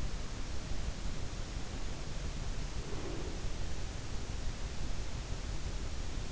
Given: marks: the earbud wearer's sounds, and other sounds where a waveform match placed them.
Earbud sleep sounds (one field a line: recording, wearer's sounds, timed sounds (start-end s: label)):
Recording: sounds in sleep by an in-ear microphone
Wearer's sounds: breath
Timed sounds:
2.49-3.55 s: breath